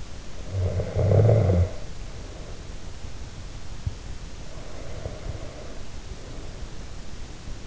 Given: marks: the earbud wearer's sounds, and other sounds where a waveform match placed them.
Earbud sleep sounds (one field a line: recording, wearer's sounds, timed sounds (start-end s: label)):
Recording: sounds in sleep by an in-ear microphone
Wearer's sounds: snoring breath, breath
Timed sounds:
0.03-2.94 s: snoring breath
4.36-7.67 s: breath